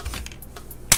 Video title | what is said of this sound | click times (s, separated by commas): Dental Instrument Cassettes by Zirc Dental Company | Sliding the door closed, clicks into place. | 0.9 s